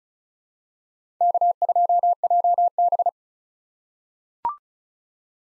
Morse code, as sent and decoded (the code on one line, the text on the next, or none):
-.- ..--- .--- -...
K2JB